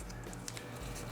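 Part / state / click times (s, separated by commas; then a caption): speaker grille into in-ceiling speaker frame / seated / 0.5 s, 0.6 s. A thin, paintable, powder-coated metal grille, 3/16 inch thick, is pressed into the frame of a James Loudspeaker QX620 in-ceiling speaker. Over a steady low background hum, two short, sharp snaps are heard at 0.5 s and 0.6 s. The grille seats in the frame.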